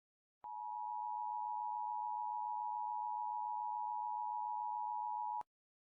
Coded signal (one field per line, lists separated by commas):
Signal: Emergency Alert System (SAME) tones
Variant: 853 and 960 Hz attention tone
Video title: EAS Scenario: Neutralized